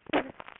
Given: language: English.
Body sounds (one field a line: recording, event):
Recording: throat vibration sensor signal played as sound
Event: cough